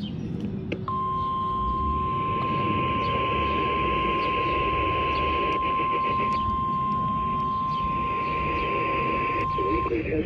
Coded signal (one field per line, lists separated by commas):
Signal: Emergency Alert System (SAME) tones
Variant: 1050 Hz attention tone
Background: speech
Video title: LOX SGX Weekly Tests (EAS #6467-6472) 4/27/22